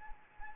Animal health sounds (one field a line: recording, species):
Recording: mosquito wingbeat signal from an infrared sensor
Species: Anopheles arabiensis